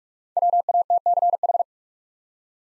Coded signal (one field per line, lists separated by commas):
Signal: Morse code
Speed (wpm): 42 wpm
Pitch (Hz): 700 Hz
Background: none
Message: WATCH